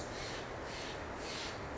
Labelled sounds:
Steller's Jay
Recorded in Sonoma County, California

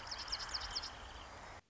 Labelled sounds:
Wrentit
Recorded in Sonoma County, California

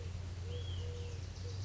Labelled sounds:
Eurasian Collared Dove
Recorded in Sonoma County, California

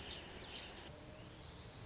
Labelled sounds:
Lazuli Bunting
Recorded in Sonoma County, California

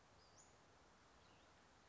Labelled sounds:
Western Flycatcher
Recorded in Sonoma County, California

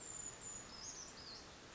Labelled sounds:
Brown Creeper
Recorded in Sonoma County, California

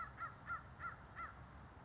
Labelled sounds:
American Crow
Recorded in Sonoma County, California

